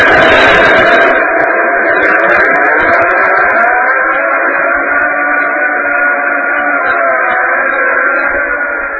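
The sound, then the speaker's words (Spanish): The robotic arm of the Mars Polar Lander as it would sound in Martian air: a loud, continuous mechanical whirring drone, dull and muffled with no bright highs, holding steady throughout without any voices. “Lo primero que vamos a escuchar es el sonido del propio brazo robot de la Mars Polar Lander, que sonaría así en ambiente marciano.”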